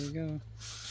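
Someone talks while a plastic engine cover on a Kia Forte is lined up and handled over its mounting grommets during a spark plug replacement, followed by a steady broadband hiss. Nothing has seated or clicked yet.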